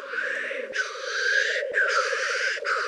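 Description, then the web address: Black grouse, a continuous low bubbling rookoo running throughout, broken by long breathy hissing bursts that repeat about every second. Slovenia. "slo birds Tetrao-tetrix"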